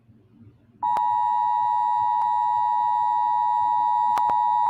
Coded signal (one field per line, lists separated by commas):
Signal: Emergency Alert System (SAME) tones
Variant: 853 and 960 Hz attention tone